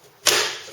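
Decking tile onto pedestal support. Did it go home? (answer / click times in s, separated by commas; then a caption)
yes / 0.3 s. A decking tile is pressed down onto a pedestal support base and clicks into place at 0.3 s. The click is a sharp, bright snap after near silence, and its ring fades over the rest of the clip. The tile is seated on the pedestal.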